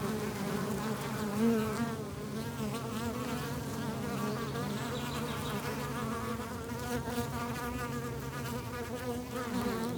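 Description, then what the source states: Swarm of bees droning continuously, overlapping buzzes gently wavering in pitch without pause. Many bees, countryside.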